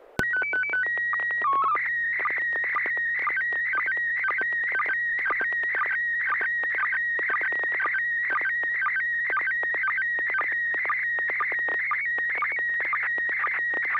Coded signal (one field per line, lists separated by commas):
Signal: SSTV (slow-scan television)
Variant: PD 120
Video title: N6NA SSTV Net - 01/29/2025